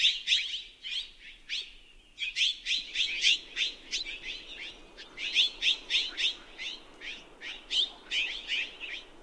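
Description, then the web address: Mexican jay uttering a steady series of harsh, ringing notes, briefly interrupted near two seconds, then resuming in quick, fairly evenly spaced calls. Common western bird of North America. "Songs of Birds of North America Know Your Bird Sounds Common Western Species. Mexican Jay"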